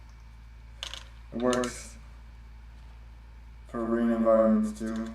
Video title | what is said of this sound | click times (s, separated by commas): Stream, Because Why Not | and if you do it right it snaps into place | 0.8 s, 0.9 s